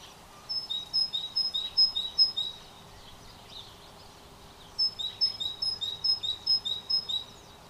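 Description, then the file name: Great tit delivering two phrases of clear see-saw double notes, each phrase of several repetitions, separated by a pause. "Parus major"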